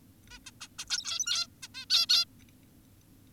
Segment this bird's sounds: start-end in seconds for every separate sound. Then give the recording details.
0.31-0.39, 0.46-0.51, 0.61-0.68, 0.79-0.85, 0.90-1.47, 1.63-1.68, 1.74-1.86, 1.90-2.07, 2.09-2.25. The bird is an adult. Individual g17y2U